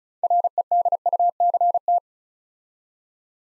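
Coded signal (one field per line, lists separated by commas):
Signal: Morse code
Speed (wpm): 36 wpm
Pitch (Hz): 700 Hz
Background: none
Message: REDUCT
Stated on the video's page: Morse practice building 9-letter words three letters at a time at 35 wpm, for ICR training.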